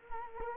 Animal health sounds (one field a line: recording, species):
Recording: mosquito wingbeat signal from an infrared sensor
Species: Culex quinquefasciatus